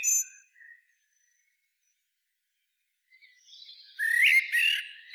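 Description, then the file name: Common blackbird, a few thin high notes, a long quiet gap, then a mellow whistled phrase topped with scratchy high twittering. "Turdus merula"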